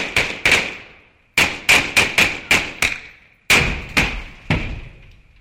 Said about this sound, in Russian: Послышались крики, стрельба.